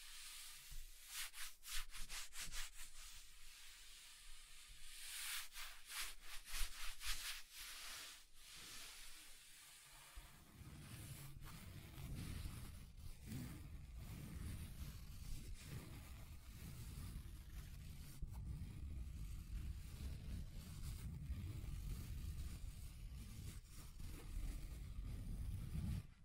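Scratching on a table surface, a rough rubbing texture with short bright strokes that come fast and irregularly in the first ten seconds. Around ten seconds the sound shifts to a denser, lower grinding scrape that continues steadily to the end, with occasional sharper clicks.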